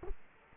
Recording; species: mosquito wingbeat signal from an infrared sensor; Culex quinquefasciatus